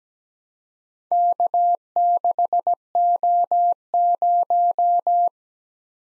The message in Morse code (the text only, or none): K6O0